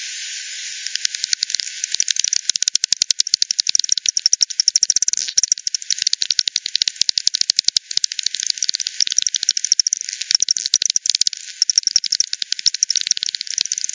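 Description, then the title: Bat calls: a steady stream of dry, rapid clicks for almost the whole stretch. "WW bat 20201007 T 18 : 10 Z-Hogsmill-Lane-Hogsmill-River-multiple-bats"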